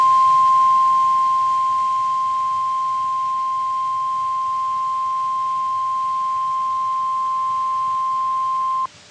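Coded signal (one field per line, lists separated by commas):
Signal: Emergency Alert System (SAME) tones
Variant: 1050 Hz attention tone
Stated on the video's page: Severe thunderstorm warning on NOAA weather radio station.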